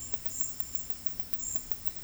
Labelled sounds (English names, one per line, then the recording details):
none
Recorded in dense forest near Puerto Asís, Putumayo, Colombia, on 20 February 2024 at 13:30
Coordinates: 0.487, -76.319
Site G6403